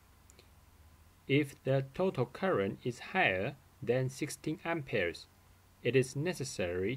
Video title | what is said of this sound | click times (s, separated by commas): WPD-06KIT installation tutorial | you will hear a click sound in case the plug is pushing in correctly | 0.3 s, 0.4 s